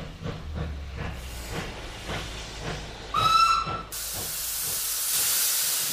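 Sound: steam train hissing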